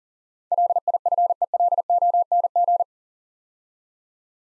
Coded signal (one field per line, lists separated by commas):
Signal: Morse code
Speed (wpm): 40 wpm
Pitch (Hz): 700 Hz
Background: none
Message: LIFELONG